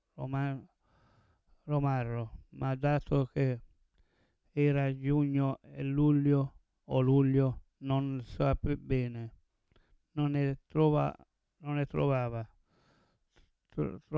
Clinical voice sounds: read passage; Italian; male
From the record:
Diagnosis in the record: Parkinson's disease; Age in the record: 70 years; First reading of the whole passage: 112 s, 4.6 characters per second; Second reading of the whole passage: 107 s, 4.9 characters per second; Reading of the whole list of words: 68 s, 4.1 characters per second

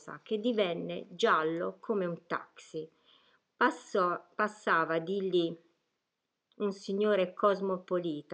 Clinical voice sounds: read passage; Italian; female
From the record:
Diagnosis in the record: healthy control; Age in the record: 61 years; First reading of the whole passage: 67 s, 7.7 characters per second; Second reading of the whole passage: 54 s, 9.6 characters per second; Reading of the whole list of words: 44 s, 6.4 characters per second

